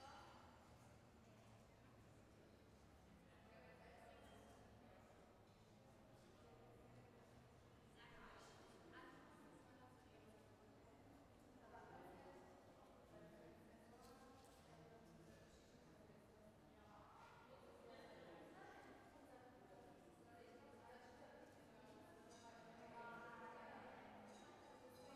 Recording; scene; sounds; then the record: everyday scene through a hearing-aid microphone; reverberant space; background noise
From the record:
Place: railway station hall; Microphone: behind the ear, left, front